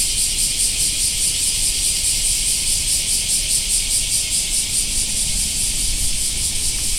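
Black cicada chorus, a constant sizzling high buzz with gentle regular pulsing, low rumble beneath.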